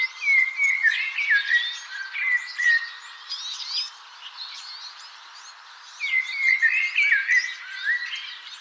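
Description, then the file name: Common blackbird song: fluted, warbling phrases with squeaky high twitters, one burst in the first three seconds and another from about six seconds. "Turdus merula"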